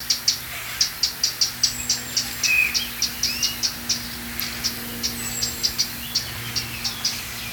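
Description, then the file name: Eurasian wren giving a long, fairly regular series of dry, clicking tick notes, with a steady low mechanical hum and a brief faint whistle. "Troglodytes troglodytes"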